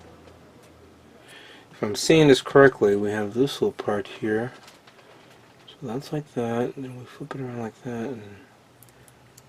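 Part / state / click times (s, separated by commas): plastic model kit part into base stand holder / seated / 8.8 s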